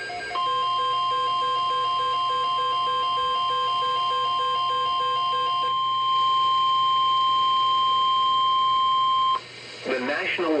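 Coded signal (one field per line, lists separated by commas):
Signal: Emergency Alert System (SAME) tones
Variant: 1050 Hz attention tone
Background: speech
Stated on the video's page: Two back-to-back severe thunderstorm watch alerts from a NOAA weather radio station.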